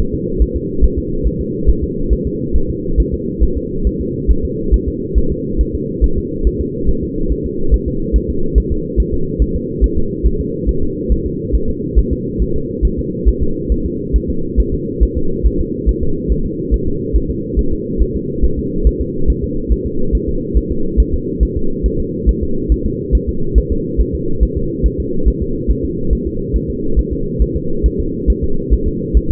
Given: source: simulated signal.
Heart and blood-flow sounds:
fetal heart sounds
0.00 s: S1
0.14 s: S2
0.42 s: S1
0.56 s: S2
0.84 s: S1
0.98 s: S2
1.27 s: S1
1.41 s: S2
1.69 s: S1
1.84 s: S2
2.13 s: S1
2.27 s: S2
2.56 s: S1
2.70 s: S2
3.00 s: S1
3.14 s: S2
3.43 s: S1
3.57 s: S2
3.87 s: S1
4.01 s: S2
4.31 s: S1
4.45 s: S2
4.74 s: S1
4.88 s: S2
5.18 s: S1
5.32 s: S2
5.61 s: S1
5.75 s: S2
6.04 s: S1
6.18 s: S2
6.47 s: S1
6.61 s: S2
6.89 s: S1
7.03 s: S2
7.32 s: S1
7.46 s: S2
7.74 s: S1
7.88 s: S2
8.16 s: S1
8.30 s: S2
8.58 s: S1
8.72 s: S2
9.00 s: S1
9.14 s: S2
9.42 s: S1
9.56 s: S2
9.84 s: S1
9.98 s: S2
10.27 s: S1
10.41 s: S2
10.69 s: S1
10.83 s: S2
11.12 s: S1
11.26 s: S2
11.55 s: S1
11.70 s: S2
11.99 s: S1
12.13 s: S2
12.42 s: S1
12.56 s: S2
12.85 s: S1
12.99 s: S2
13.28 s: S1
13.42 s: S2
13.72 s: S1
13.86 s: S2
14.16 s: S1
14.30 s: S2
14.60 s: S1
14.74 s: S2
15.03 s: S1
15.17 s: S2
15.46 s: S1
15.61 s: S2
15.89 s: S1
16.03 s: S2
16.32 s: S1
16.46 s: S2
16.74 s: S1
16.88 s: S2
17.16 s: S1
17.30 s: S2
17.59 s: S1
17.73 s: S2
18.02 s: S1
18.16 s: S2
18.45 s: S1
18.59 s: S2
18.87 s: S1
19.01 s: S2
19.30 s: S1
19.44 s: S2
19.72 s: S1
19.86 s: S2
20.15 s: S1
20.29 s: S2
20.57 s: S1
20.71 s: S2
21.00 s: S1
21.14 s: S2
21.43 s: S1
21.57 s: S2
21.86 s: S1
22.00 s: S2
22.29 s: S1
22.43 s: S2
22.72 s: S1
22.86 s: S2
23.15 s: S1
23.29 s: S2
23.58 s: S1
23.72 s: S2
24.01 s: S1
24.15 s: S2
24.43 s: S1
24.57 s: S2
24.86 s: S1
25.00 s: S2
25.28 s: S1
25.42 s: S2
25.71 s: S1
25.85 s: S2
26.13 s: S1
26.27 s: S2
26.56 s: S1
26.70 s: S2
26.99 s: S1
27.13 s: S2
27.42 s: S1
27.56 s: S2
27.86 s: S1
28.00 s: S2
28.30 s: S1
28.44 s: S2
28.73 s: S1
28.88 s: S2
29.17 s: S1
29.31 s: S2
From the record:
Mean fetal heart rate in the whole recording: 140 bpm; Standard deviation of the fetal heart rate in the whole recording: 2 bpm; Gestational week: 34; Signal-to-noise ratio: -8.1 dB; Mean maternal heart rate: 72 bpm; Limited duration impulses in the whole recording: absent

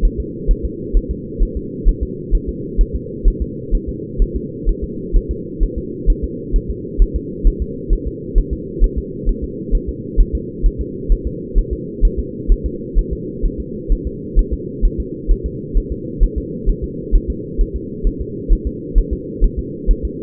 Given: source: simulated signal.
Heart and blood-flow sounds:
fetal heart sounds
0.05 s: S1
0.20 s: S2
0.51 s: S1
0.65 s: S2
0.97 s: S1
1.11 s: S2
1.43 s: S1
1.57 s: S2
1.89 s: S1
2.03 s: S2
2.35 s: S1
2.49 s: S2
2.81 s: S1
2.95 s: S2
3.28 s: S1
3.42 s: S2
3.75 s: S1
3.89 s: S2
4.22 s: S1
4.36 s: S2
4.69 s: S1
4.84 s: S2
5.16 s: S1
5.31 s: S2
5.63 s: S1
5.78 s: S2
6.10 s: S1
6.24 s: S2
6.56 s: S1
6.70 s: S2
7.02 s: S1
7.16 s: S2
7.47 s: S1
7.62 s: S2
7.93 s: S1
8.07 s: S2
8.38 s: S1
8.53 s: S2
8.84 s: S1
8.98 s: S2
9.29 s: S1
9.44 s: S2
9.75 s: S1
9.89 s: S2
10.20 s: S1
10.35 s: S2
10.66 s: S1
10.81 s: S2
11.12 s: S1
11.27 s: S2
11.59 s: S1
11.73 s: S2
12.05 s: S1
12.20 s: S2
12.52 s: S1
12.66 s: S2
12.99 s: S1
13.13 s: S2
13.46 s: S1
13.60 s: S2
13.92 s: S1
14.07 s: S2
14.39 s: S1
14.54 s: S2
14.85 s: S1
15.00 s: S2
15.31 s: S1
15.46 s: S2
15.77 s: S1
15.92 s: S2
16.24 s: S1
16.38 s: S2
16.70 s: S1
16.84 s: S2
17.15 s: S1
17.30 s: S2
17.61 s: S1
17.76 s: S2
18.07 s: S1
18.21 s: S2
18.53 s: S1
18.67 s: S2
18.98 s: S1
19.13 s: S2
19.44 s: S1
19.59 s: S2
19.91 s: S1
20.05 s: S2
From the record:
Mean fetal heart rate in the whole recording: 130 bpm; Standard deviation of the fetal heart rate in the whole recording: 2 bpm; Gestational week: 38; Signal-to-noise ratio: -4.1 dB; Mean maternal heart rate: no maternal heart sound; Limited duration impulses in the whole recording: absent

